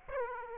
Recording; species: mosquito wingbeat signal from an infrared sensor; Aedes aegypti